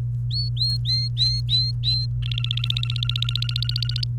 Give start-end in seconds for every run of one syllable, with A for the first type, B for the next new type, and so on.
0.31-2.06 A, 2.23-4.04 B